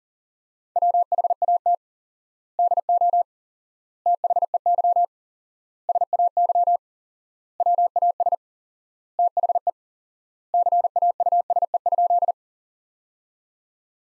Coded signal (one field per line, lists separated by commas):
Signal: Morse code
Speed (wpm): 40 wpm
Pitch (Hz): 700 Hz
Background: none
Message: WHAT DO THEY SAY WAS THE CAUSE?